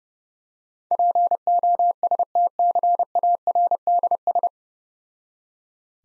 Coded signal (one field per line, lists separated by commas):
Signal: Morse code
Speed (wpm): 32 wpm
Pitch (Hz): 700 Hz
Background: none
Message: POSTCARDS